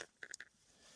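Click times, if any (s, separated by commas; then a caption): 0.2 s. A small memory card is pushed upside down into the card slot of a small Möbius action camera until it latches with a quiet click at 0.2 s, followed by two more faint ticks around 0.3 and 0.4 s. The card is seated, and the camera is ready to go.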